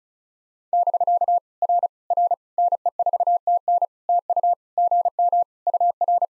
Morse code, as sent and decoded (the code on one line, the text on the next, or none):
-...-.- / .-. / .-. / -. . ....- - -. / - ..- / --. -- / ..- .-.
<BK> R R NE4TN TU GM UR